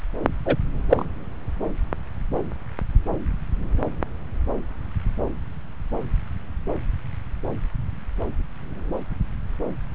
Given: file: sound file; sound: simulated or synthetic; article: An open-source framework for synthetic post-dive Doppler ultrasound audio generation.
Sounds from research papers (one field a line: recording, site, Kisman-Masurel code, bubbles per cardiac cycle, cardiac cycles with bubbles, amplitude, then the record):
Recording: Doppler ultrasound audio after a dive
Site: subclavian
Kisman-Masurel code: 113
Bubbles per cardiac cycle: 1–2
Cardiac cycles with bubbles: 1–10%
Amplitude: loud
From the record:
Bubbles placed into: full cardiac cycles